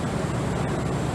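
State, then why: Not seated. A tool holder is held under a mill spindle and turned until its drive key lines up, before being pressed up to seat. Only a steady, even broadband noise is heard, with no distinct knocks or clicks. Nothing has seated or clicked yet.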